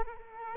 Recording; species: mosquito wingbeat signal from an infrared sensor; Culex quinquefasciatus